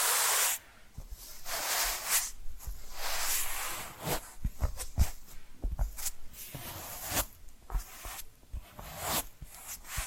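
Tapping and scratching sounds come in quick, irregular bursts, with bright scraping strokes and soft hissy rubs between sharper taps. A loud burst of scratching opens, then stops abruptly; after that the strokes stay busy and uneven, with a few louder taps near the fifth and ninth seconds.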